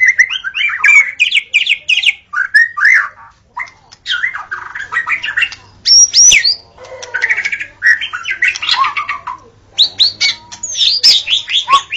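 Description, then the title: White-rumped shama singing energetic bursts of whistles, scratchy notes and fast trills, separated by brief pauses. Natural song of a forest white-rumped shama. "Kicau Asli Murai Batu Hutan"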